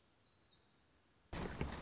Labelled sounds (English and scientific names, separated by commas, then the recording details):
Black-throated Gray Warbler (Setophaga nigrescens)
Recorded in Sonoma County, California